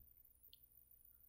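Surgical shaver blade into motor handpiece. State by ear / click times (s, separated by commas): seated / 0.5 s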